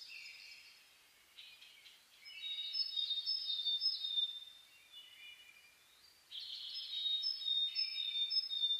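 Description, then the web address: Birds: bird dawn chorus with several singers overlapping, thin whistled notes and trills that swell around three seconds and again near the end. Dawn chorus (reimei) of birdsong (saezuri) recorded 10 May 2010 at 04:01. "reimei -saezuri-20100510"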